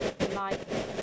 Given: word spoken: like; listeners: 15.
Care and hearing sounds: one English word in noise, from a listening test; noise modulated by three-talker babble; -5.4 dB; 2 of 15; 10 of 15; 0.62 s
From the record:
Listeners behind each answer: 10, 2, 1, 1, 1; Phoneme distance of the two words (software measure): 10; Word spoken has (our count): 1 syllable, 3 phonemes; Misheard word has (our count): 1 syllable, 3 phonemes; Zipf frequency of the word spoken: 6.53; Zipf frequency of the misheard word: 5.81

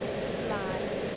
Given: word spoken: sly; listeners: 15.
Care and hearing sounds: one English word in noise, from a listening test; speech-shaped noise; -6.8 dB; 5 of 15; 8 of 15; 0.76 s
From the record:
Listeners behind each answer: 8, 5, 1, 1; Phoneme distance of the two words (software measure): 7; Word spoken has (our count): 1 syllable, 3 phonemes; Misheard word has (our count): 1 syllable, 4 phonemes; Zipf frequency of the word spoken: 3.25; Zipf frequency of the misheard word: 4.17

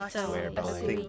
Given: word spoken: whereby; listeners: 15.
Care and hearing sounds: one English word in noise, from a listening test; four-talker babble; -3.0 dB; 4 of 15; 6 of 15; 0.69 s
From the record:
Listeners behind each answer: 6, 4, 2, 1, 1, 1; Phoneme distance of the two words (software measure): 40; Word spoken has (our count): 2 syllables, 4 phonemes, stress on syllable 2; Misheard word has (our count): 1 syllable, 4 phonemes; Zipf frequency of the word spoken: 3.57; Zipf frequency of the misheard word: 6.51

